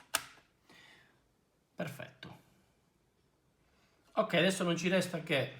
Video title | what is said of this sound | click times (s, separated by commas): Lenovo G 50-45 80E3 Upgrade Ram SSD | questa parte poi sentirete un click verso il basso perfetto | 0.1 s